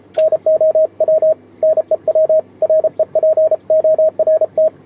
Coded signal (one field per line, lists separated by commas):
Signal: Morse code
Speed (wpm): 32 wpm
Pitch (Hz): 630 Hz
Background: radio noise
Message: NOW NEW REPORT